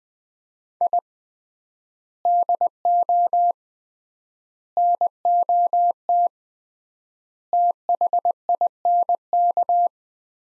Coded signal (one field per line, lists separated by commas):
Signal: Morse code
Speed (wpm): 20 wpm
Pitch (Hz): 700 Hz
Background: none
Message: I DO NOT THINK